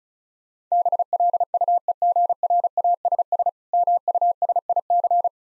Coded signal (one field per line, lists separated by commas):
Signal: Morse code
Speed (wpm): 35 wpm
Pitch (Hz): 700 Hz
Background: none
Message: BLUEGRASS MUSIC